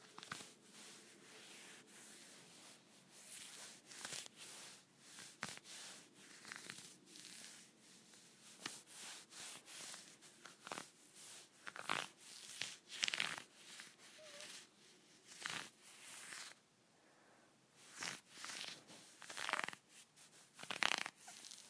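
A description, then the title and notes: Fingernails scratch against leggings in dry strokes, each a short bright rasp repeating irregularly, sometimes in quick clusters and sometimes spaced apart. A faint low hum runs underneath, with a brief lull around seventeen seconds. ASMR Scratching my Leggings.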